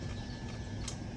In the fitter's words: There you go. We hear the click. That fuel pump is now connected.